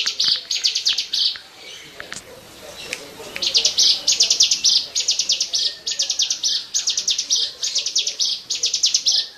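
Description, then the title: Bar-winged prinia singing rapid ticking bursts that end in a buzzy rasp, pausing briefly early on before resuming steady repeated phrases. "Suara Burung Ciblek"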